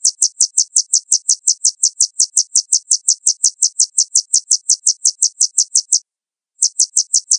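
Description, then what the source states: Sunbird song: a steady, rapid run of thin, high notes, broken by one short pause near the end. Sunbird sound played to provoke birds into calling, used as a lure recording.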